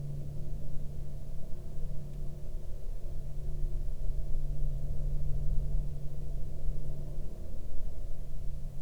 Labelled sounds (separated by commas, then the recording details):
aircraft
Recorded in the Prudhoe Bay oil fields, Alaska, on 12 August 2019 at 21:13
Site 13